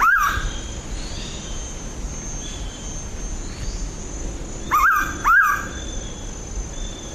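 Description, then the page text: Mangrove pitta call: loud, clear rising-then-falling whistles. One comes at the start, then a quick pair follows a few seconds later, over a steady high hiss. "Yong Ding Li - Мангровая питта (Pitta megarhyncha)"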